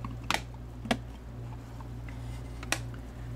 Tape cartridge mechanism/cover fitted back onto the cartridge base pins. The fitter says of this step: that looks pretty good it kind of snaps in place all nice and neat like that